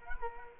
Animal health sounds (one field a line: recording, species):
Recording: mosquito wingbeat signal from an infrared sensor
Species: Culex quinquefasciatus